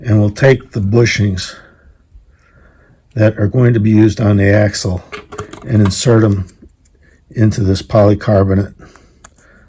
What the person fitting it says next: They snap right in.